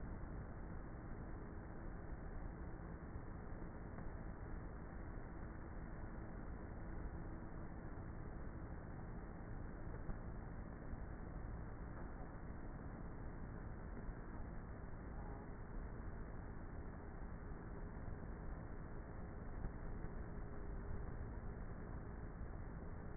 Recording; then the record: honeybee colony, microphone inside the hive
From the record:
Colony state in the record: queenless with a low population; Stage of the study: before two queens were removed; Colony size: about 30,000 bees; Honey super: no